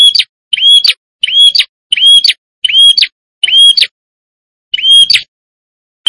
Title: Suara Prenjak Kepala Merah Jantan Gacor Nembak